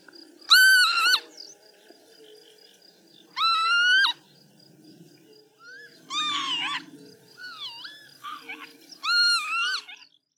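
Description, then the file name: Northern lapwing calling: separate wheezy, slurred notes every few seconds, some rising and some dipping, with a faint high pulsing sound behind. "czajka"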